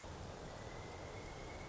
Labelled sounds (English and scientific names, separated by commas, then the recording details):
Pileated Woodpecker (Dryocopus pileatus)
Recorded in Sonoma County, California